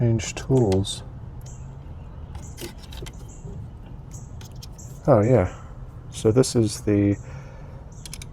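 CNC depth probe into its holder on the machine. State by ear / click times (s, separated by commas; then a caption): seated / 8.1 s, 8.2 s. A CNC depth probe is pushed into its holder on the machine while someone talks. Softer handling sounds come first, then a quick series of three sharp clicks at 8.1, 8.1 and 8.2 seconds. The probe is locked into place.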